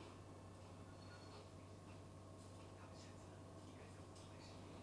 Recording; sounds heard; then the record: poultry house recording; no chicken sound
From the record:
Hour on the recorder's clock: 18